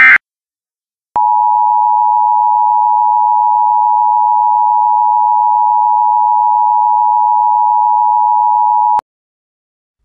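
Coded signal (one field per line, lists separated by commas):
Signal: Emergency Alert System (SAME) tones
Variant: 853 and 960 Hz attention tone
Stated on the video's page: Mock EAS alert tones for a simulated nuclear emergency at ORNL in East Tennessee.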